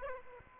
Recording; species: mosquito wingbeat signal from an infrared sensor; Aedes aegypti